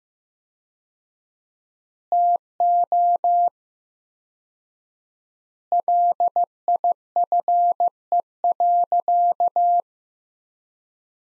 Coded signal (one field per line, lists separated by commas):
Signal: Morse code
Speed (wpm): 15 wpm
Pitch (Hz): 700 Hz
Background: none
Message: TO LIFE.